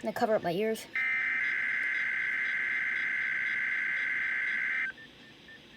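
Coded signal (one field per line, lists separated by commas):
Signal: Emergency Alert System (SAME) tones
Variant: header bursts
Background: speech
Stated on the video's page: Failed NOAA Weather Radio weekly test, received on Reecom R-1630 and Midland WR400 weather radios.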